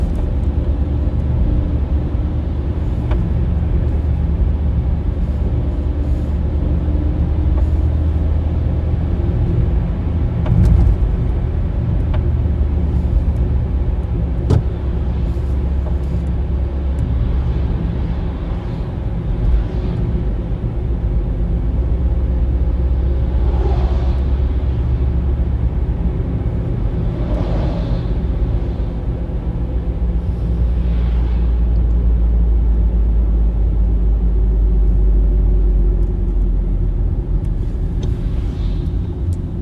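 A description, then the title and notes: A small car drives along with a steady low engine rumble and road roar that stays even throughout. Brief brighter whooshes or clunks rise over it now and then, around 11, 24, 28 and 38 seconds, while the drone underneath barely changes. Driving Polo 1. Driving a small car.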